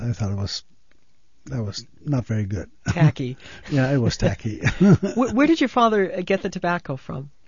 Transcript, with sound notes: I thought it was not very good.
Tacky.
Yeah, it was tacky. (he laughs)
Where did your father get the tobacco from?